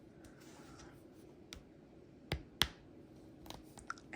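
A plastic backing washer is pushed down the ridged post of a safety eye on a crocheted mushroom toy, ratcheting over the bumps with small, sharp clicks at 1.5, 2.3, 2.6, 3.5, 3.9 and 4.1 seconds, the loudest at 2.6 seconds. The backing clicks on and the eye is seated.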